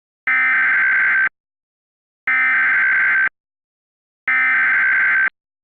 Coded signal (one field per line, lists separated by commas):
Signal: Emergency Alert System (SAME) tones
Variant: header bursts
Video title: EAS Halloween Scenario 2016 " Radioactive Flash Floods"